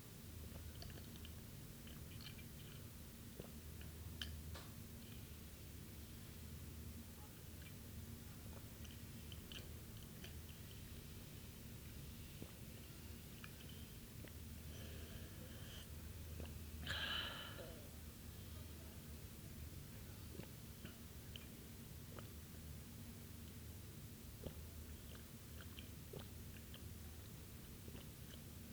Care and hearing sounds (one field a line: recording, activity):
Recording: daily activity, guitar pickup as the sensor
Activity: drink water